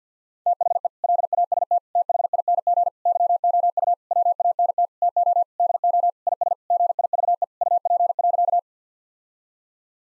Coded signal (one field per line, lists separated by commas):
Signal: Morse code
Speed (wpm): 50 wpm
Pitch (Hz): 700 Hz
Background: none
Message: THE LAST THING YOU WANT TO DO IS GIVE UP.